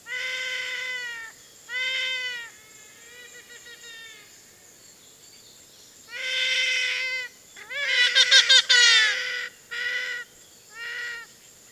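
Trumpeter hornbill giving nasal, wailing calls like a crying baby, drawn-out notes in bursts with short gaps, and one louder, harsher braying burst.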